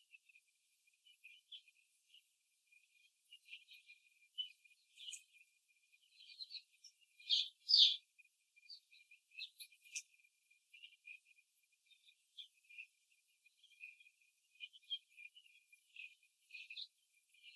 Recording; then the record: young laying hens in a cage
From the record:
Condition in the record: before the stressor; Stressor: simulated dog barking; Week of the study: 3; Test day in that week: 2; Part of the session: 3